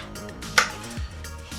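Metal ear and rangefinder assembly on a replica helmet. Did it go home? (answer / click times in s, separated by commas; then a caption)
yes / 0.6 s. The moving part of a finished metal ear and rangefinder assembly on a cast replica helmet is rotated back into position over background music. A sharp, loud click at 0.6 s shows it has seated correctly, meaning the job was done perfectly.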